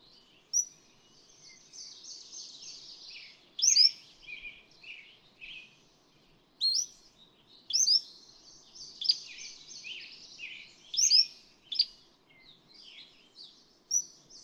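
Cordilleran flycatcher giving short, piercing high notes again and again, set against a continuous chattering warble from another bird.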